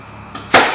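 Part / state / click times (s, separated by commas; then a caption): side mirror electrical connector into door wiring harness / seated / 0.5 s. The plastic electrical connector of a side view mirror on a 2001-2005 Ford Explorer is plugged back into the door wiring harness inside the door. A faint contact sounds at 0.3 s, then a sharp, bright snap at 0.5 s as the connector clicks and locks into place, seated.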